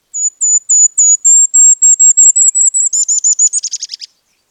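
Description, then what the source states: Golden-crowned Kinglet song: very high, thin notes repeated in a steady series, then speeding into a lower, tumbling chatter at the end; no other sounds. Tiniest songbird in North America; its high song is described as basically a hearing test; an April migrant.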